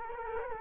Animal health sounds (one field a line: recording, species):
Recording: mosquito wingbeat signal from an infrared sensor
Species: Culex quinquefasciatus